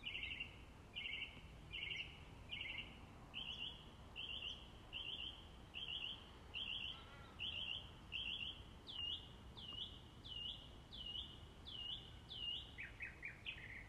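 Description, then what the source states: Bird song of short high trilled phrases, repeated more than once a second in a steady rhythm, ending in looping whistled notes. Birds singing in the morning.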